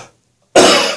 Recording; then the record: coughing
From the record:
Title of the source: Cough Around the Clock!